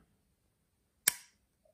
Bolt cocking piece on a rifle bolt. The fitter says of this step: we twist the top round Until you hear the click.